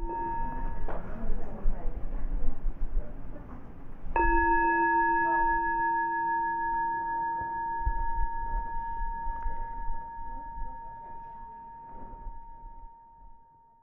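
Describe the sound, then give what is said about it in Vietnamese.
A meditation bell is struck once, giving a clear, resonant tone with bright overtones that rings and slowly fades over about ten seconds above a soft, murmuring background. “Nãy giờ mình ngồi mình nghe rồi, bây giờ mình nghe một tiếng chuông và kiểm tra thử mình có được chút ít lòng từ bi nào không quý vị ha.”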